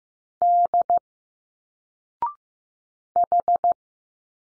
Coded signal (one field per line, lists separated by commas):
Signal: Morse code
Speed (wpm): 15 wpm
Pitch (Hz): 700 Hz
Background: none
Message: D H